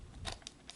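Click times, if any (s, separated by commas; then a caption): none. A small plastic clip on a transforming dinosaur robot toy is handled as it is pushed toward its socket while the toy is turned into robot mode. Light plastic ticks and taps are heard over a low background hum. Nothing has seated or clicked yet.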